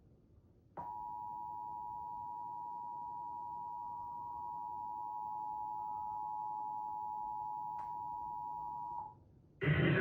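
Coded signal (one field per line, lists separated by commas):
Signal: Emergency Alert System (SAME) tones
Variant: 853 and 960 Hz attention tone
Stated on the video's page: NYC Required Monthly Test SAME tones recorded off five TV stations via DVR.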